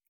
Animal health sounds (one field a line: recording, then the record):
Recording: hydrophone in a shrimp aquaculture tank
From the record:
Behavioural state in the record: normal